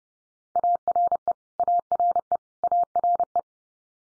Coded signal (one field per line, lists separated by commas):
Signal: Morse code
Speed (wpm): 30 wpm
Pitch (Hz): 700 Hz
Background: none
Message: ARE ARE ARE